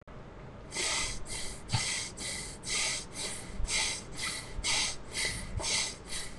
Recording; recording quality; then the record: shallow breathing; excellent, no background noise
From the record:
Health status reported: recovered from COVID-19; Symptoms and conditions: none ticked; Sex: male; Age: 20 years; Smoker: not ticked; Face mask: not worn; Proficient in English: yes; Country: India